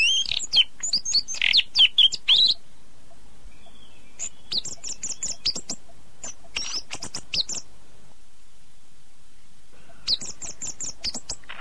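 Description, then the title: Oriental magpie-robin: songbird giving fast, sharp chirps and high twittering notes in short bursts, with a softer stretch of scattered notes and a brief silence in the middle. "Kicau Kacer"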